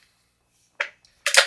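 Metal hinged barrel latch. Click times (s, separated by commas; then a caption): 0.8 s, 1.3 s. A pellet is loaded into the chamber of a break-barrel air rifle, and the metal barrel is swung down until it clicks, then brought back up to lock it shut on the action. Two sharp metallic clicks are heard at 0.8 s and 1.3 s, with a faint tick at 1.1 s between them; it is not certain which loud click is the cocking click and which is the barrel locking. The barrel ends seated in its cocked, locked position.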